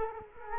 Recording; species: mosquito wingbeat signal from an infrared sensor; Culex quinquefasciatus